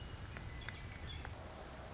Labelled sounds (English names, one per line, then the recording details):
Western Meadowlark
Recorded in Sonoma County, California